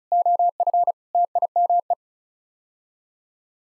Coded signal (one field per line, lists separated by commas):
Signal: Morse code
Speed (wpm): 36 wpm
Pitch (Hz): 700 Hz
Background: none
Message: OF TIME